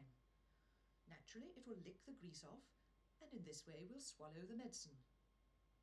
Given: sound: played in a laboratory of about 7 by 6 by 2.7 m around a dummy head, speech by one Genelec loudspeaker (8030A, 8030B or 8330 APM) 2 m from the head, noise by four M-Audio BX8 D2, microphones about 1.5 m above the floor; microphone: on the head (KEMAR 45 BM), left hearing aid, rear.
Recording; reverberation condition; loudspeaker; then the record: female speech in English; low; behind (180 degrees)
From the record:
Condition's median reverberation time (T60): about 310 ms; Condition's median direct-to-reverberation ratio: about 3.5 dB